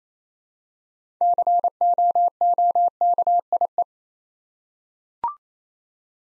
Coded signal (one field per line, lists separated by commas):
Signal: Morse code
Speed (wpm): 27 wpm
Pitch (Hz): 700 Hz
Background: none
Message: COOKIE